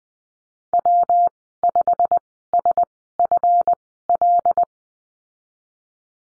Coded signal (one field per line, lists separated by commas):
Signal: Morse code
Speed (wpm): 20 wpm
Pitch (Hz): 700 Hz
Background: none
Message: W5SFL